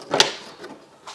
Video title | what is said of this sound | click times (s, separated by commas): Mercedes-Benz, Traxxas TRX-4 Unimog U4000 MashUp! | everything clicks down in place | 0.2 s